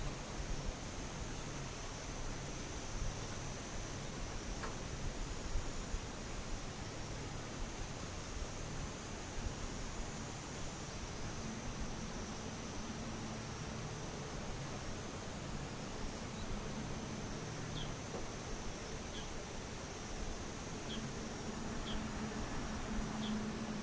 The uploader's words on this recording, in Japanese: ムシ昼。